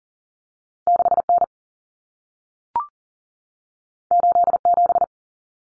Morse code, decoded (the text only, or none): 6N 87